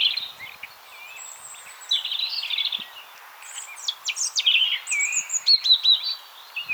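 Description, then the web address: European robin song with a rippling trill, high thin whistles and sliding notes in fast, varied phrases. "SETE Erithacus rubecula"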